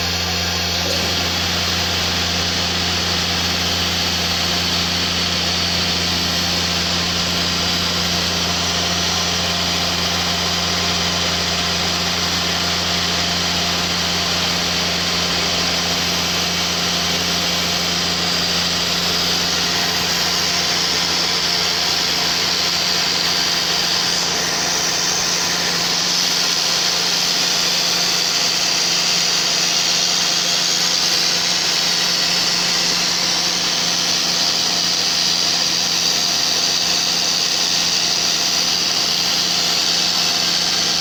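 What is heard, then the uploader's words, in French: A front panel for an electrical cabinet is being cut with a power tool that runs without pause, giving a dense, bright whine over a steady low hum. Around 25 seconds the hum drops away and the high grinding tone sharpens. CNC Elephant ELE2030ATC. Découpe d'un panneau frontal pour tableau électrique.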